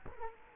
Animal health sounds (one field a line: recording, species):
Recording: mosquito wingbeat signal from an infrared sensor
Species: Culex quinquefasciatus